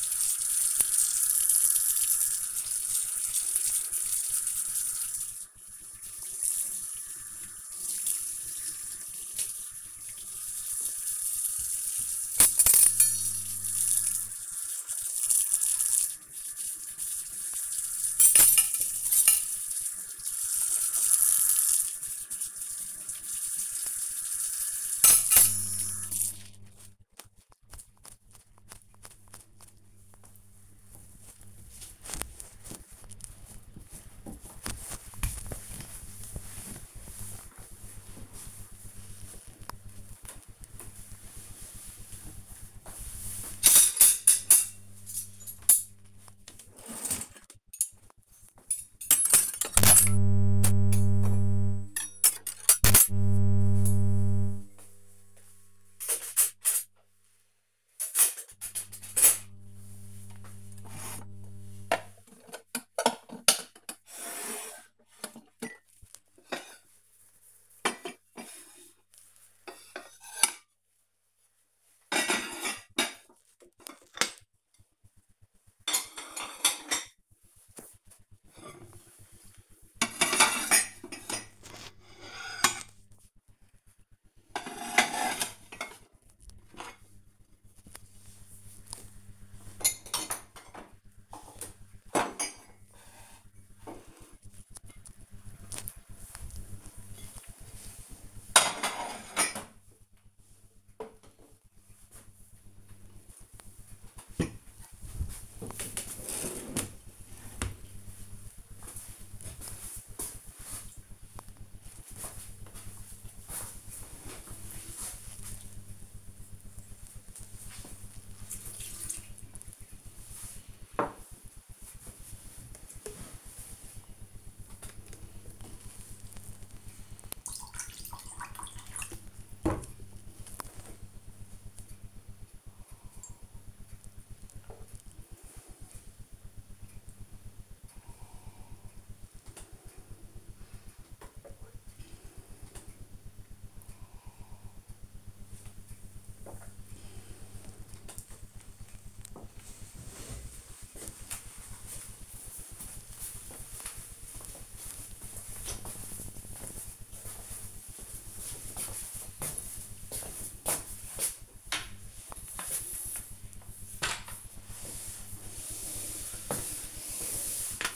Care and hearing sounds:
household activities, microphone on the right wrist
0.00-25.61 s: washing dishes
39.70-103.20 s: putting away the dishes
124.33-147.52 s: drinking
160.61-167.96 s: floor cleaning

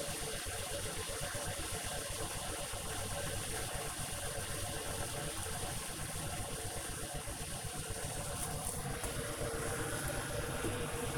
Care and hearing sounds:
household activities, microphone on the right wrist
0.00-11.17 s: making tea

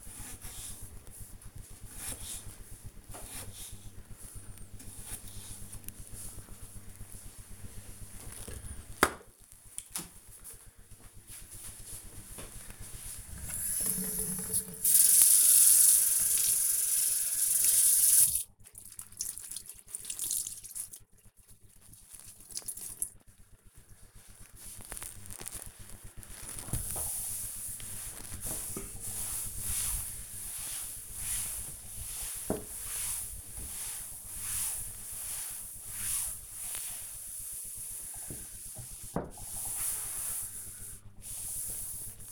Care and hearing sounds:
household activities, microphone on the right wrist
0.00-7.30 s: cutting vegetables
13.37-42.32 s: cleaning table

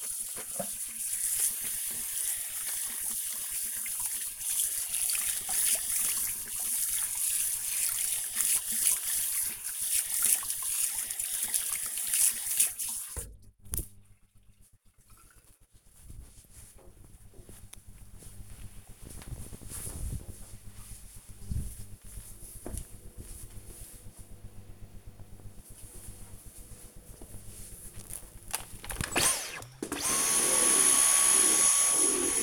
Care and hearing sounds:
household activities, microphone on the right wrist
0.00-14.57 s: washing hands
27.67-32.43 s: vacuum cleaning

